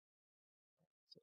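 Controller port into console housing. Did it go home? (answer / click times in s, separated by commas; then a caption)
partly / 1.1 s. A controller port assembly is pressed into its console housing during reassembly: after silence, a soft low thump comes at about 0.8 s, then a short, sharper click at 1.1 s. The port does not seat fully and is not all the way in.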